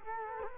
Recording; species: mosquito wingbeat signal from an infrared sensor; Culex quinquefasciatus